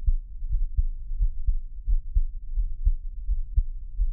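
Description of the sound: Steady, soft lub-dub thumps at about 85 beats a minute: an ordinary adult heartbeat with regular rhythm, heard close up as ASMR with no talking.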